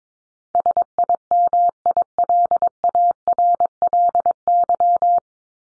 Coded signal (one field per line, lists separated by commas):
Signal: Morse code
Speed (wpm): 22 wpm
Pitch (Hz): 700 Hz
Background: none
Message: SIMILARLY